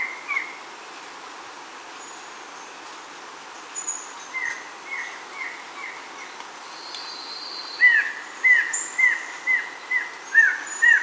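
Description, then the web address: Uniform antshrike singing a series of short, down-slurred nasal notes that grow louder toward the end, with faint high bird calls behind. Recorded in Ecuador. "Natures Songs S America Birds of Ecuador Uniform Antshrike"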